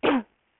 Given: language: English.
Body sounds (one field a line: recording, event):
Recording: throat vibration sensor signal played as sound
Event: cough